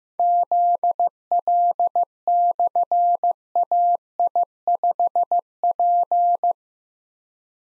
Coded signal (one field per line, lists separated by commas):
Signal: Morse code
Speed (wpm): 15 wpm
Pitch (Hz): 700 Hz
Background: none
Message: ZL/AI5P